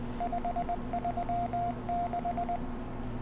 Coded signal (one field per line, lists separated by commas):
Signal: Morse code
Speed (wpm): 20 wpm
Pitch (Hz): 700 Hz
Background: radio noise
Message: 536